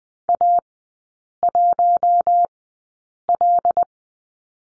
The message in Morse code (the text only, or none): A1L